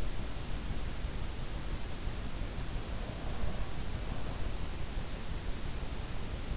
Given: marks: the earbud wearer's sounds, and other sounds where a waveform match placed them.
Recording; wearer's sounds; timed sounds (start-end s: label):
sounds in sleep by an in-ear microphone; breath
3.02-4.63 s: breath